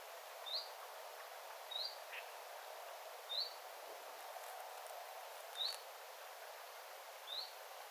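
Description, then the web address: Common chiffchaff repeating soft, rising 'hweet' calls, five quiet notes at uneven intervals of one to two and a half seconds, amid steady background noise and a faint brief chirp. Calling beside a bird tower, 9 September 2025. "paivat 9 9 2025 tiltaltin aantelya lintutornin vierella"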